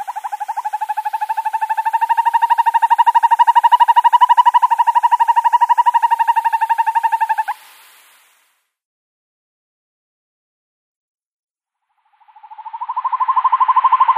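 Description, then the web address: Northern hawk-owl delivering a long, fast, even trill of pulsed hoots for about seven seconds, breaking off into silence, then starting the rolling trill again. Male giving its display call. "Schulze Peter Hawk Owl"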